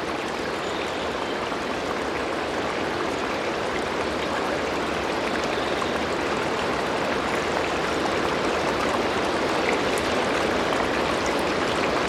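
A Colorado creek rushes steadily, a dense, unbroken wash of water with fine bright splashes throughout and no change in level.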